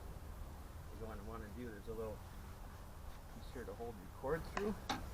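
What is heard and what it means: Someone talks while handling a small cord holder clip on the handle of a Greenworks Pro 21-inch 80V lithium 3-in-1 lawn mower, over a steady low hum. A few brief handling knocks come near the end. The clip has not snapped or seated into place yet.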